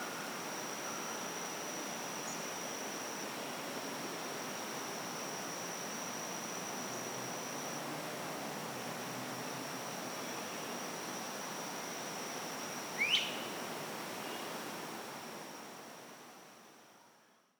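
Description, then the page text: Great crested flycatcher producing one quick rising wheep late in the recording, otherwise only continuous hiss and a faint high steady tone, fading out at the end. Maryland. "Maryland Biodiversity. Great Crested Flycatcher ( Myiarchus crinitus )"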